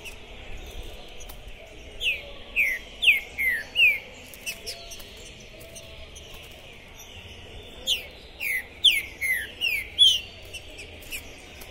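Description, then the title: Green-winged saltator song in two phrases of five or six rich, descending whistled notes, separated by about four seconds. Captive trinca-ferro, 'pistoleiro' type, singing, chirping and 'macheando' (male display) while warming up for a singing contest, at the entrance of a tournament, 2021. "ESQUENTAR Seu TRINCA Piando, Cantando E Macheando Na DISPUTA. TRINCA FERRO ficou POSSUÍDO na PORTA do TORNEIO. Trinca Ferro Pistoleiro 2021"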